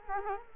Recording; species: mosquito wingbeat signal from an infrared sensor; Culex quinquefasciatus